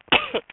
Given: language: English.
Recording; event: throat vibration sensor signal played as sound; cough